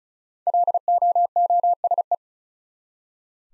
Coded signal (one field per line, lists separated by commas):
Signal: Morse code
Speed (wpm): 36 wpm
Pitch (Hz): 700 Hz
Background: none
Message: LOOSE